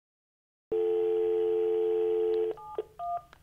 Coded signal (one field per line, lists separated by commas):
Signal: telephone call progress tone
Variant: North America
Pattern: dial tone